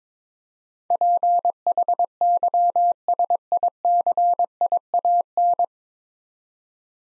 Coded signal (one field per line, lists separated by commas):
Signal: Morse code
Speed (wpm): 22 wpm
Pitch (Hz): 700 Hz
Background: none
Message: PHYSICIAN